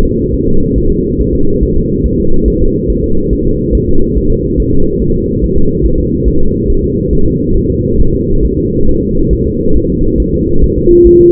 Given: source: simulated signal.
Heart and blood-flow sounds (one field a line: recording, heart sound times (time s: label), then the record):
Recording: fetal heart sounds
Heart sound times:
0.05 s: S2
0.34 s: S1
0.48 s: S2
0.78 s: S1
0.92 s: S2
1.21 s: S1
1.35 s: S2
1.63 s: S1
1.77 s: S2
2.06 s: S1
2.20 s: S2
2.48 s: S1
2.62 s: S2
2.90 s: S1
3.04 s: S2
3.33 s: S1
3.47 s: S2
3.75 s: S1
3.89 s: S2
4.17 s: S1
4.31 s: S2
4.60 s: S1
4.74 s: S2
5.02 s: S1
5.16 s: S2
5.44 s: S1
5.58 s: S2
5.86 s: S1
5.99 s: S2
6.28 s: S1
6.41 s: S2
6.70 s: S1
6.84 s: S2
7.13 s: S1
7.27 s: S2
7.56 s: S1
7.70 s: S2
8.00 s: S1
8.14 s: S2
8.45 s: S1
8.59 s: S2
8.89 s: S1
9.03 s: S2
9.33 s: S1
9.47 s: S2
9.76 s: S1
9.90 s: S2
10.20 s: S1
10.34 s: S2
10.64 s: S1
10.78 s: S2
11.07 s: S1
11.21 s: S2
From the record:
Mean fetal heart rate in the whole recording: 140 bpm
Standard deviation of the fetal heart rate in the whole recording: 2 bpm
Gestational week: 34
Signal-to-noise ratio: -19.1 dB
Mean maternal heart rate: 72 bpm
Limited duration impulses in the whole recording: present